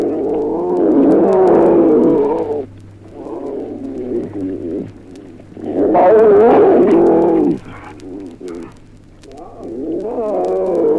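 Animal calls, long harmonic moaning cries with wavering pitch, several in a row, some loud and some quieter.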